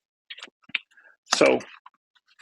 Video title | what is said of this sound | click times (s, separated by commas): HGOC - AK74 U Gel Ball Blaster on Amazon- Unboxing and Setup | pretty easy there that locks back in place like that | 0.8 s